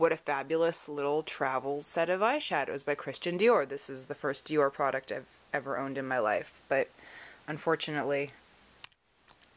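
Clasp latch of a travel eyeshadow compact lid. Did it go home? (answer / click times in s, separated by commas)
no / none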